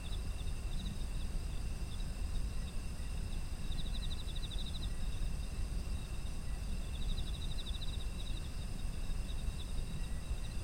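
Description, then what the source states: Pulsed insect trills come in about three bursts amid unbroken high ringing insect tones and a steady low background rumble. Autumn insects as an environmental ambience.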